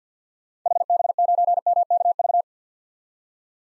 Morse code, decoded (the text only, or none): HB9MKV